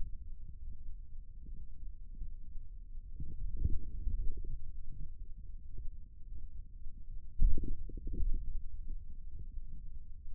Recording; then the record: forearm muscle sounds (acoustic myography)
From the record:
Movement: wrist extension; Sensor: system 2, bracelet of six BSWA MPA416 microphones around the upper forearm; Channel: 3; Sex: male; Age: 22 years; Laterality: right